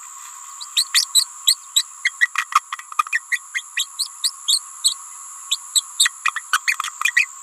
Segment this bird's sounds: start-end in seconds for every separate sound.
0.76-0.85, 0.93-1.06, 1.14-1.27, 1.47-1.56, 1.75-1.84, 2.04-2.11, 2.20-2.30, 2.35-2.45, 2.52-2.61, 2.72-2.77, 2.98-3.04, 3.12-3.21, 3.31-3.40, 3.54-3.63, 3.76-3.86, 3.98-4.08, 4.23-4.30, 4.47-4.61, 4.83-4.95, 5.50-5.58, 5.74-5.83, 5.98-6.10, 6.24-6.31, 6.35-6.42, 6.52-6.60, 6.67-6.77, 7.15-7.27